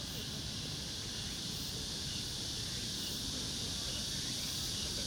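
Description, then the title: Cicada: shrill continuous buzzing, a steady hissing wall of sound with no pauses, over low rumble. Recorded in summer at Yangjae Citizens Forest, Yangjae 2-dong, Seocho-gu, Seoul, South Korea. "대한민국 서울특별시 서초구 양재2동 235-1-Yangjae Citizens Forest, Summer, Cicada"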